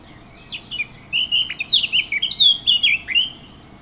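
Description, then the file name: Warbler song: a fast, scratchy warble of high chirps, phrases tumbling together with slight rises and falls for about three seconds. Recorded 15 June 2014 with an MZ-N710 recorder. "MZ-N 710 Fauvette 15 06 14"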